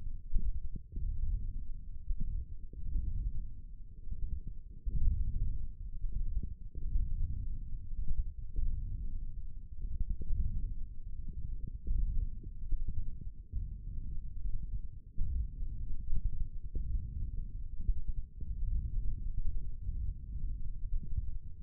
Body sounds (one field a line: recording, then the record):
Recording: forearm muscle sounds (acoustic myography)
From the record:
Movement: wrist extension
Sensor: system 1, eight BSWA MPA416 microphones around the upper forearm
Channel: 1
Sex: male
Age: 18 years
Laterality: right